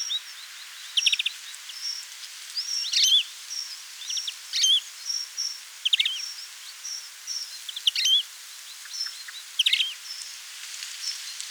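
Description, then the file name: European greenfinch calls: short high chirps and quick twittered trills repeated irregularly. "Chloris chloris"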